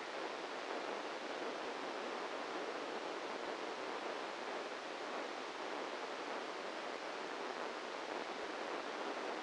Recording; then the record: brain microelectrode recording played as sound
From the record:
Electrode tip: inside the subthalamic nucleus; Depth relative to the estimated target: -1 mm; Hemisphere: right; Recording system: NeuroSet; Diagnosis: Parkinson's disease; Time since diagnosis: 7 years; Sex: male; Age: 44 years